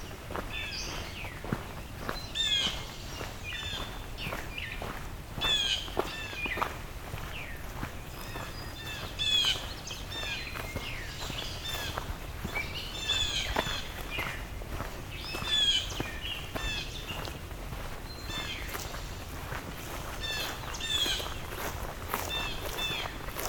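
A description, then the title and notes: Birdsong fills a forest: bright, quick phrases repeat every second or two throughout, some sharp and high, others richer and fluting. Underneath runs a steady low rumble of background noise, with occasional soft rustles or steps. Today I’m in the Dundas Valley, just below the Niagara Escarpment in Hamilton Ontario, one of the largest remaining Carolinian Forests in the region. Indigo Bunting, Wood Thrush, American Redstart.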